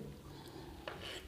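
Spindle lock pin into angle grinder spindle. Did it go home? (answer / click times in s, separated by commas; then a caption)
yes / 0.9 s. The spindle lock button on the back of an angle grinder is held pressed while the spindle is turned, with faint rubbing and handling sounds. At 0.9 s the lock pin drops into place in the spindle with a short click, and the spindle lock is engaged.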